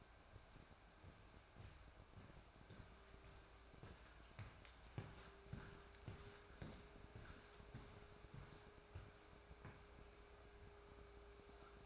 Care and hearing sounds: daily activity, microphone in the room; walk to room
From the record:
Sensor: 2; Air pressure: 1010.2 hPa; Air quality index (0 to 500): 159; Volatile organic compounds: 7 ppm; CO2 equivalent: 2001 ppm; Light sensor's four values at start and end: 36/87/39/45 and 35/85/38/44

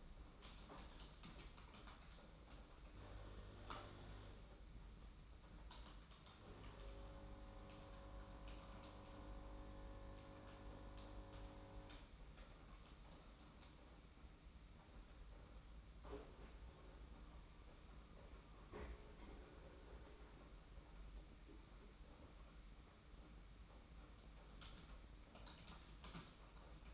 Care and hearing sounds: daily activity, microphone in the room; typing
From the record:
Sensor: 1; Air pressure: 991.7 hPa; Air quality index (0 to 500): 173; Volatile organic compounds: 1000 ppm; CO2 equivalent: 6550 ppm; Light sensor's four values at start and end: 29/100/38/39 and 29/100/38/39

